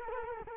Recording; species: mosquito wingbeat signal from an infrared sensor; Culex quinquefasciatus